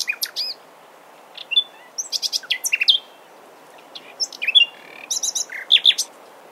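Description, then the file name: Common nightingale song: bursts of sharp chirps and clear whistled notes in short varied phrases separated by brief pauses, all high-pitched, with a soft hiss behind. "Luscinia megarhynchos"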